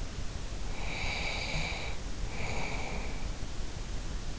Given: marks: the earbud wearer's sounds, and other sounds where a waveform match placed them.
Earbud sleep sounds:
sounds in sleep by an in-ear microphone; breath
0.62-3.22 s: breath

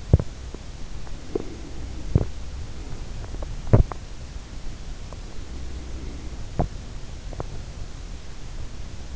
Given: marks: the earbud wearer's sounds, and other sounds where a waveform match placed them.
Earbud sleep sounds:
sounds in sleep by an in-ear microphone; teeth grinding, breath
0.00-0.67 s: teeth grinding
1.31-2.31 s: teeth grinding
3.15-4.00 s: teeth grinding
5.25-7.11 s: breath
6.51-7.49 s: teeth grinding

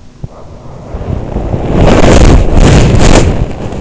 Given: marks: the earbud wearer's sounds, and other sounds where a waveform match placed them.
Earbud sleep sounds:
sounds in sleep by an in-ear microphone; body movement
0.38-3.81 s: body movement

